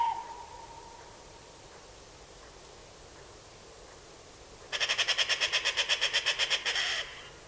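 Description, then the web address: Bird call: after a quiet stretch with a faint steady tone at the start, a burst of quick, evenly spaced sharp notes runs for about two seconds, then stops. Call type pi pi pi pi. "Bird Only More Classes Pi Pi Pi Pi"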